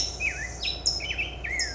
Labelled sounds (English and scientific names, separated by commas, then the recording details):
California Towhee (Melozone crissalis)
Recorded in Sonoma County, California